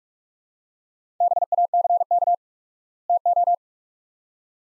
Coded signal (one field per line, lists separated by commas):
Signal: Morse code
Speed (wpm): 46 wpm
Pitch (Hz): 700 Hz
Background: none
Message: BACK TO